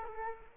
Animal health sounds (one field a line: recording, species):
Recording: mosquito wingbeat signal from an infrared sensor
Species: Culex quinquefasciatus